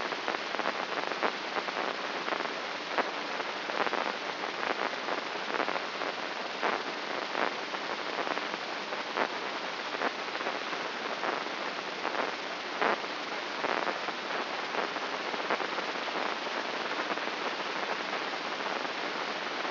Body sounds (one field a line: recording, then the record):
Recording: brain microelectrode recording played as sound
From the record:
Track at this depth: outside the subthalamic nucleus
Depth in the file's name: 6.229 mm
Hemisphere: left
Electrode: 3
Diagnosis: Parkinson's disease